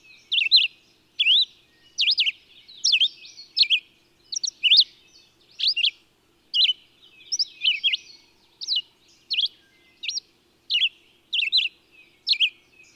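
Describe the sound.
Bird song: high chirps, each a quick rising and falling sweep, repeated at an uneven pace a little more than once a second.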